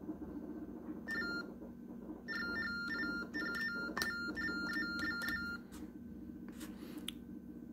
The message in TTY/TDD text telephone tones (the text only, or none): RHINE LABS